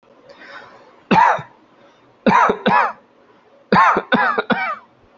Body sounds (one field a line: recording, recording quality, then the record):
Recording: heavy voluntary cough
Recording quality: excellent, no background noise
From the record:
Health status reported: healthy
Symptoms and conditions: none ticked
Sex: male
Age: 28 years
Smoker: not ticked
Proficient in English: yes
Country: India